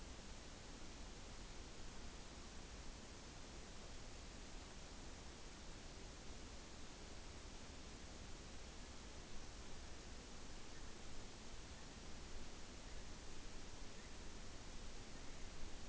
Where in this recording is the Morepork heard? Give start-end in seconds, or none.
none